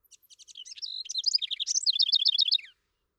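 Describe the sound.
House wren giving one rushed, effervescent song phrase: soft stuttering introductory notes swelling into loud, rapid descending trills and chatters.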